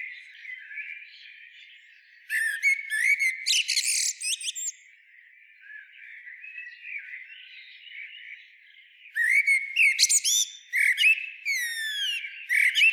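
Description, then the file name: Common blackbird song: two bursts of warbled phrases ending in squeaky high twitters, separated by several seconds of soft background chatter. "Turdus merula"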